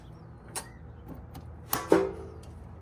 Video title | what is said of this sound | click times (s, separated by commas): Ac Line replacement. | I don't know if you heard that click or not. | 1.7 s